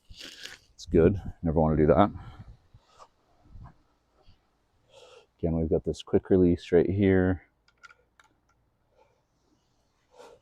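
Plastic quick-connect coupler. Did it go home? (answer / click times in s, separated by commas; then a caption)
no / none. A spray nozzle tip is handled at the quick-release coupler on the wand of a Ryobi 2000 PSI electric pressure washer while someone talks. A few faint ticks and handling noises follow, but nothing has seated or clicked yet.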